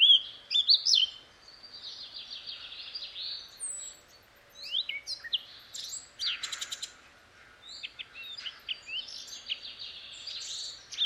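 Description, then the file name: Eurasian blackcap song, a rambling run of rapid twittering and warbled notes with a few brief pauses and one scratchy burst midway, continuing for about eleven seconds. "Sylvia atricapilla"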